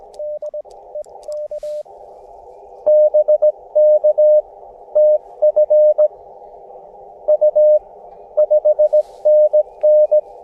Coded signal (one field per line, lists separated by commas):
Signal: Morse code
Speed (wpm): 21 wpm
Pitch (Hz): 600 Hz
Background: radio noise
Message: DE K BK TFU 5NN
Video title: QRP CW POTA Activation with KX2 and Gabil GRA-7350T Telescopic Whip Antenna (Coon Creek - K-3684)